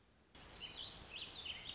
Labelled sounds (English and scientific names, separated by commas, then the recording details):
Warbling Vireo (Vireo gilvus)
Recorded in Sonoma County, California